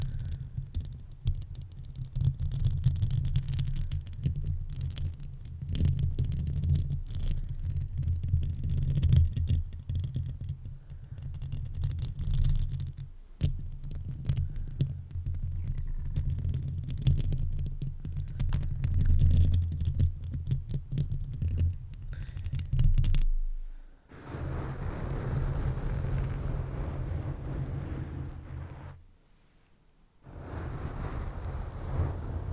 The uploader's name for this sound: Mic Brushing, Scratching & Tingly Foam Sounds